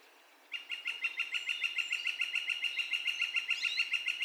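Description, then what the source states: Northern flicker calling, a steady rapid series of repeated notes from half a second in to the end. Calls, recorded 2020-05-02.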